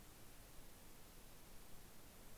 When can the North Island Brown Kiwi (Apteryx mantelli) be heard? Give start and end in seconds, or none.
none